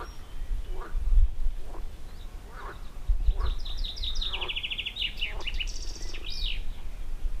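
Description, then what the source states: Frogs croaking in a series of short rasping notes as a bird sings high, rapid twittering trills through the second half. Frog chorus.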